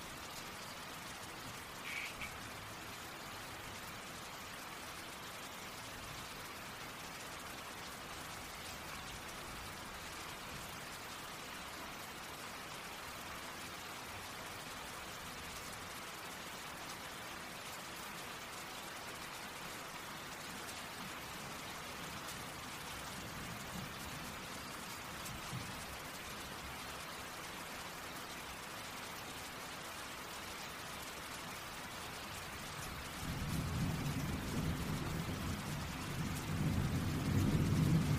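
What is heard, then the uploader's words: Raindrops patter in a steady, dense hiss that stays even for most of the clip. A faint low swell passes around the middle, then from about 33 seconds a deep rumble of distant thunder builds and grows louder through the end. Calming Rain and Thunder Sounds. The gentle pitter-patter of raindrops and the distant rumble of thunder. Feel the rhythm of the rain as it taps against the windowpane or dances on the leaves outside.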